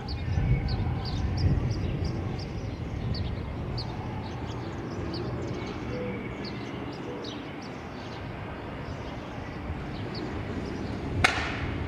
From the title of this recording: Ext, Brooklyn Roof